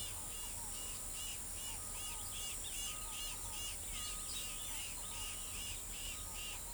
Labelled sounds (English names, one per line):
Yellow-headed Caracara
Scaled Dove